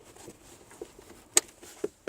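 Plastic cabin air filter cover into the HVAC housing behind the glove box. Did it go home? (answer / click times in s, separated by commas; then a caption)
yes / 1.4 s. A plastic cabin air filter cover on a 2018 Toyota Tacoma is pushed back into the HVAC housing behind the glove box. A sharp click at 1.4 seconds marks its two tabs snapping in, and smaller knocks follow at about 1.8 and 2.1 seconds. The cover is seated.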